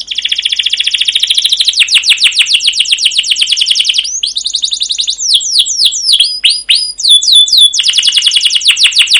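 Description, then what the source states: Canary singing a long rapid buzzy roll, breaking into sweeping downslurred whistles and clipped notes, then resuming the fast rolling trill. Masteran training recording: long, rolling (ngerol), chattering "cuit cuit" canary song in gacor style, used as a lure to stimulate other canaries to sing.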